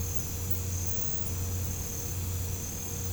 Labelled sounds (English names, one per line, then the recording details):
none
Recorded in pastures near Puerto Asís, Putumayo, Colombia, on 20 December 2024 at 03:30
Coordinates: 0.505, -76.324
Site G063